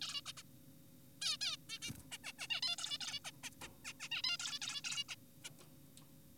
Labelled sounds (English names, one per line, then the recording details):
Zebra Finch
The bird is an adult
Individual g4p5U